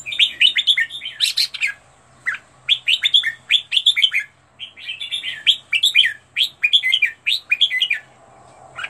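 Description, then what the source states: Red-whiskered bulbul singing lively, warbled phrases of liquid up-and-down notes, broken by short pauses, with a faint low hum underneath. Made for training bulbuls to sing, presenting 15 standard song styles.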